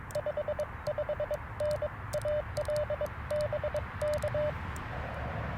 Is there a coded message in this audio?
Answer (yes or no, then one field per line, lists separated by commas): yes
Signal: Morse code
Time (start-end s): 0.2-4.5 s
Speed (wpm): 22 wpm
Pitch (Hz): 600 Hz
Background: radio noise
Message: 55N AL BK